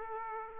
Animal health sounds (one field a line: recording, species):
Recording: mosquito wingbeat signal from an infrared sensor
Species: Aedes aegypti